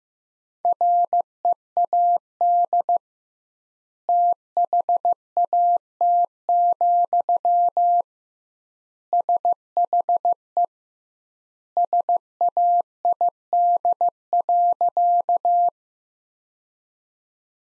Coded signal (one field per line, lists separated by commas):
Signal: Morse code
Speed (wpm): 15 wpm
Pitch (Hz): 700 Hz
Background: none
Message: READ THAT, SHE SAID.